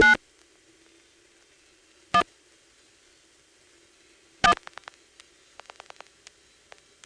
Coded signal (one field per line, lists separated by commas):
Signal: DTMF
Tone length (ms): 70 ms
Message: 9 1 1